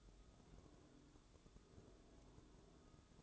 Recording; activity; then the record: daily activity, microphone in the room; take from stove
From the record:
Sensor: 3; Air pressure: 1008.0 hPa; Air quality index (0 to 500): 123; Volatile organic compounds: 2 ppm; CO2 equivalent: 1021 ppm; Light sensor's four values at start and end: 9/20/8/8 and 9/20/8/8